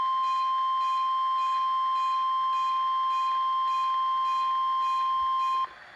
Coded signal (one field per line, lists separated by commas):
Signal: Emergency Alert System (SAME) tones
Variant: 1050 Hz attention tone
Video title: Odd WWF38 RWT | EAS #148